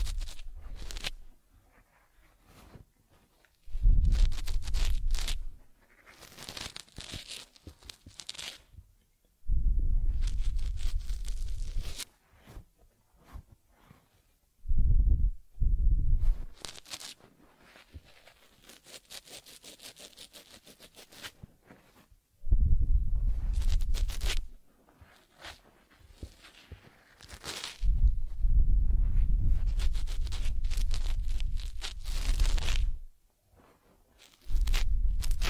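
A teddy bear's head is massaged, cleaned and combed in bursts of soft rubbing and scratching, with short pauses between strokes and occasional low thumps.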